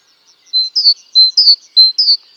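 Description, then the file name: Great tit calls: high, clear notes, each phrase a steady whistle followed by a quick two-part downslurred note, repeated about three times in quick succession. "Parus major"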